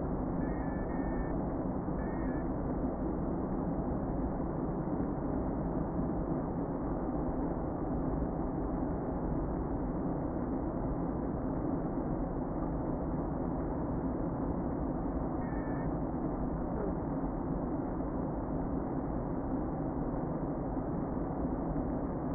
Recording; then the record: honeybee colony, microphone inside the hive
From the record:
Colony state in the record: queen present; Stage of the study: before two queens were removed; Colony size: about 60,000 bees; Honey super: yes